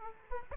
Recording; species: mosquito wingbeat signal from an infrared sensor; Aedes aegypti